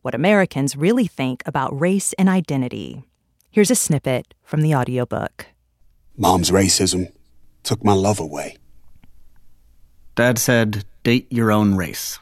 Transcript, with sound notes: What Americans Really Think About Race And Identity." Here's a snippet from the audiobook.
(SOUNDBITE OF AUDIOBOOK, "OUR HIDDEN CONVERSATIONS: WHAT AMERICANS REALLY THINK ABOUT RACE AND IDENTITY") Mom's racism took my love away.
Dad said date your own race.